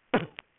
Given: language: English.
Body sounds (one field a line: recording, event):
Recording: throat vibration sensor signal played as sound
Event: cough